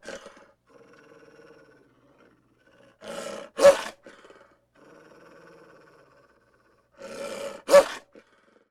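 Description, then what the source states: Dog growls in low, rumbling stretches, twice breaking into harsh, loud snarling bursts about four seconds apart. Large dog, vicious growls.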